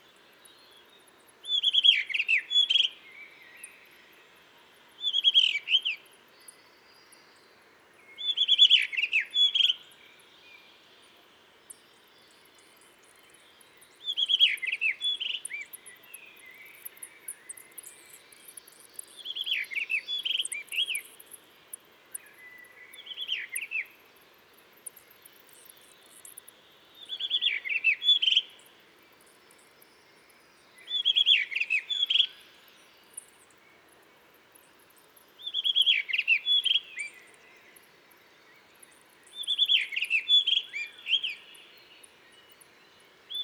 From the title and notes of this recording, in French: Dentelles de Montmirail - Nagra seven - Telinga pro7. Des le lever du jour un Monticole bleu (Monticola solitarius) se signale en alarmant dans la falaise, ensuite il se met à chanter pour marquer son territoire. Il va chanter ainsi toute la matinée changeant régulièrement de poste. Oiseau méditerranéen qui aime la roche et les falaises chaudes.